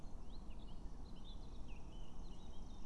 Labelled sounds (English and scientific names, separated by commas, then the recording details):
Eurasian Blackcap (Sylvia atricapilla)
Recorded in Germany
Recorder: ecoPi